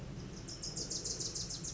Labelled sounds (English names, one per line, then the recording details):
Wilson's Warbler
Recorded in Sonoma County, California